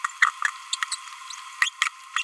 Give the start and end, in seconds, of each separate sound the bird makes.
0.22-0.30, 0.92-0.95, 1.62-1.69, 1.82-1.88, 2.16-2.22